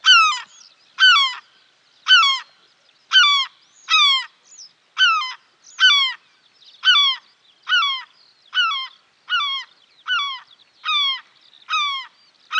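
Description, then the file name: European herring gull calls: loud, harsh, descending yelps rich in harmonics, repeated about once a second in a long, steady series. "mewasrebrzysta"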